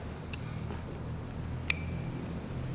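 A crimped metal terminal on a wire is pushed into the plastic connector housing of a wiring harness and seats with a sharp click at 1.7 s, locking in place. A fainter tick comes at 0.3 s over a steady low hum. The clicking sound is the one wanted, and a pull test follows.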